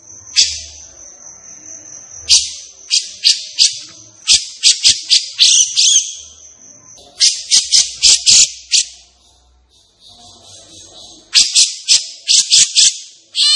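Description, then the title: Grey-cheeked bulbul song: energetic rattling phrases of rapid harsh notes, repeated in several bursts with short pauses. Captive bird singing energetically and continuously in an excited state; used as tutor song for teaching other caged birds (masteran). "Cucak Jenggot Gacor. Cucak Jenggot Emosi Untuk Masteran"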